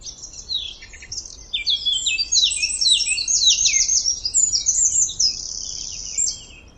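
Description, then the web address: Bird chirps: dense, high-pitched twittering with rapid repeated notes that grow louder midway, over a steady low rumbling background. "Deverinetal 2025 File origin Bird Only"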